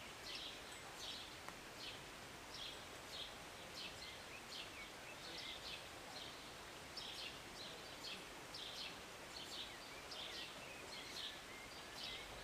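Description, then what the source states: Birds chirping, repeated high chirps over a strong, steady background of rain. Birds singing and chirping on a rainy Sunday morning, heard from a city balcony; short rain.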